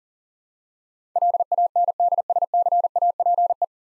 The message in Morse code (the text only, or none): LANDSCAPE